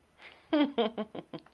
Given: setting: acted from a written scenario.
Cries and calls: vocal sound without words; amusement

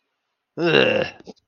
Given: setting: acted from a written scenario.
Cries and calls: vocal sound without words; disgust

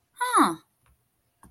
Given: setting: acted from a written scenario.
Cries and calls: vocal sound without words; interest

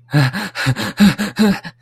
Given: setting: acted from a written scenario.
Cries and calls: vocal sound without words; distress

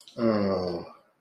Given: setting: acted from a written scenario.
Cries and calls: vocal sound without words; embarrassment

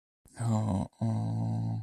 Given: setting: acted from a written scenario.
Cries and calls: vocal sound without words; shame

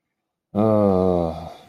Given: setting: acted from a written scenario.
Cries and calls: vocal sound without words; guilt

